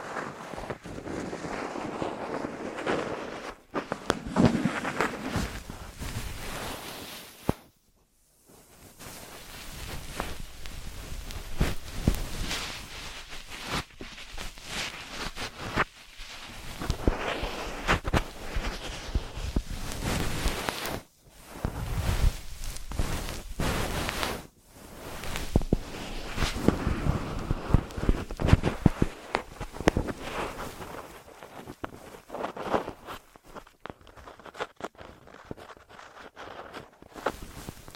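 Rubbing and scratching sounds come in dense, uneven bursts, broken by brief silences near eight, twenty-one and twenty-four seconds.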